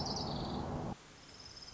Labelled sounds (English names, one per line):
Orange-crowned Warbler